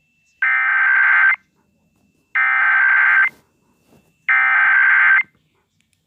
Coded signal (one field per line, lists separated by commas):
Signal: Emergency Alert System (SAME) tones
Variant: header bursts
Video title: eas alram usa part 3